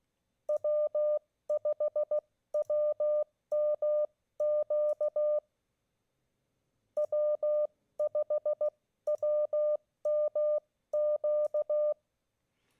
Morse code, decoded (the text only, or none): W5WMQ W5WMQ